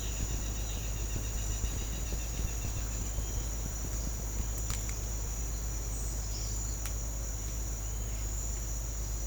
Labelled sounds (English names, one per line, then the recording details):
Southern Lapwing
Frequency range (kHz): Southern Lapwing 2.3-4.4 kHz
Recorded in secondary vegetation near Puerto Asís, Putumayo, Colombia, on 20 December 2024 at 08:00
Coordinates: 0.499, -76.323
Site G010